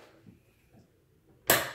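A window blind's headrail is hooked at the top into its mounting bracket and pushed up after only one end had clicked in before. After faint low handling noises, a sharp, bright snap at 1.5 s shows it seating into place.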